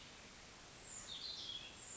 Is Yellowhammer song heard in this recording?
no